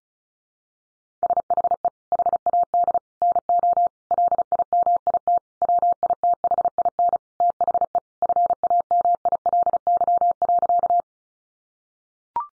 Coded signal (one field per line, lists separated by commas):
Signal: Morse code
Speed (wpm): 34 wpm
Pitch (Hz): 700 Hz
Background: none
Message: SHE HAD NO LIMIT WITHIN THE FAMILY.